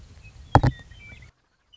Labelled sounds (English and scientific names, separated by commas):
Western Meadowlark (Sturnella neglecta)